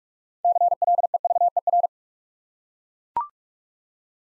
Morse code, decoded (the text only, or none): CLEVER